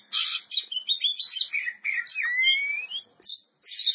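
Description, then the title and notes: Oriental magpie-robin song, varied chirps followed by a long clear whistle rising slowly in pitch, then a short gap and renewed notes. Champion singing bird. "Kicau Burung Kacer Juara. Suara Kicauan Burung Kacer Juara"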